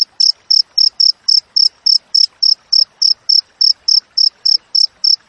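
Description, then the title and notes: Cricket giving a regular series of high, crisp chirps, slightly under four per second, steady throughout. Wild cricket with clear, closely spaced chirps, used as tutor audio for training songbirds and to repel rats. "Masteran Jangkrik Alam Jernih, Jeda Rapat Cocok Untuk Masteran Burung Dan Mengusir Tikus. suara jangkrik"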